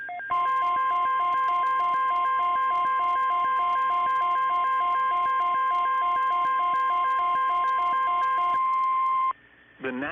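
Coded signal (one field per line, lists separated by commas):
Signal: Emergency Alert System (SAME) tones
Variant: 1050 Hz attention tone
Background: speech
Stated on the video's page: Particularly Dangerous Situation Tornado Watch alert with valid EAS tones.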